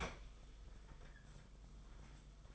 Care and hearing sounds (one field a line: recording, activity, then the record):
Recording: daily activity, microphone in the room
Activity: open fridge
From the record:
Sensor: 5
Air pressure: 991.1 hPa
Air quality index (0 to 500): 116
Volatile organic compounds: 35 ppm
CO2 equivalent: 3051 ppm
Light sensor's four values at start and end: 33/106/40/43 and 34/106/41/43